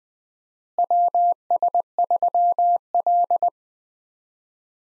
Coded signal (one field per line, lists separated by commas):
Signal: Morse code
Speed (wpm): 20 wpm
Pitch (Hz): 700 Hz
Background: none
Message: WS3L